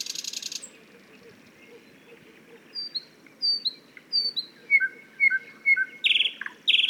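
Thrush nightingale singing: a short buzzy rattle, then a pause and a string of thin, high downslurred whistles leading into sharp piping notes and a closing buzz.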